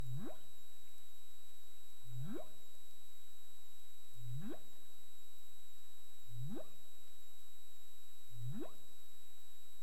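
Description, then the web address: Humpback whale calls: low upswept whoops rising steeply from deep tones, five in a row, over steady faint high electronic tones. Caribbean, recorded 20 March 2035 at 15:41 UTC. "CARIMAM. humpback whale 20350320 154157 UTC"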